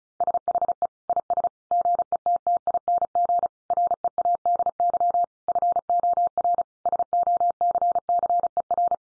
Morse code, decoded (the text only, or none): SHE IS GETTING READY FOR SOCCER